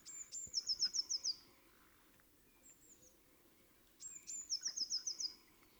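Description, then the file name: Eurasian blue tit singing twice: thin high opening notes leading into a rapid trill of repeated notes, with a faint short note between the phrases. "Cyanistes caeruleus"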